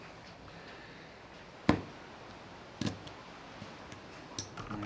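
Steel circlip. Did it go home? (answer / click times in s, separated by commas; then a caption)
no / none. A steel circlip is worked onto the half shaft of a Series 1 Land Rover axle, producing a sparse series of small, sharp metallic ticks over a quiet background. The circlip is not seated in its groove, and nothing has seated or clicked into place yet.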